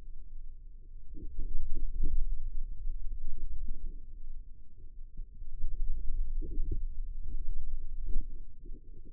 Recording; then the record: forearm muscle sounds (acoustic myography)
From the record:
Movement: radial deviation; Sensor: system 2, bracelet of six BSWA MPA416 microphones around the upper forearm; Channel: 3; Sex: female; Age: 22 years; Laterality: right